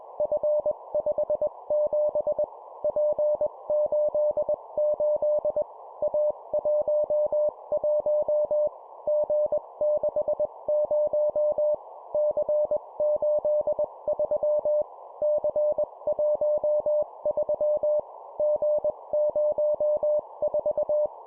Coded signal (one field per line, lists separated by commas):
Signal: Morse code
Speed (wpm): 21 wpm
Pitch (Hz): 600 Hz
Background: none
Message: F57 P88 A11 G60 C83 C13 G04